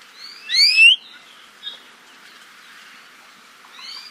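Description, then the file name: ʻIʻiwi calls: one loud harsh squeal near the start, a brief faint note after, then a softer squeal at the end. "Iiwi"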